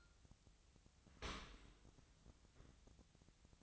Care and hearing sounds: daily activity, microphone in the room; open dishwasher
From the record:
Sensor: 3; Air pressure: 1003.1 hPa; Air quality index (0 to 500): 196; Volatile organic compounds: 6 ppm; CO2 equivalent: 1914 ppm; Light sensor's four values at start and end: 20/48/20/22 and 20/48/20/21

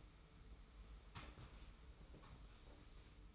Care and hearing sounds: daily activity, microphone in the room; sweep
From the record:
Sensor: 1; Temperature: 25.3 degrees Celsius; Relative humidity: 41.5%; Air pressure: 991.4 hPa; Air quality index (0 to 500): 127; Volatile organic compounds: 318 ppm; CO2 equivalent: 4520 ppm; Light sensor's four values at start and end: 42/126/51/52 and 42/126/50/52

